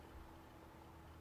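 A small plastic retainer is slid over the nut in a CPU cooler backplate arm to hold it in place. Only a steady low hum and broadband hiss are heard, with no sharp transients. Nothing has seated or clicked yet.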